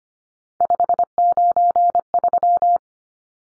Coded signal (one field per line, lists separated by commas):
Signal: Morse code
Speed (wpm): 25 wpm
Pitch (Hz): 700 Hz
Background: none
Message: 593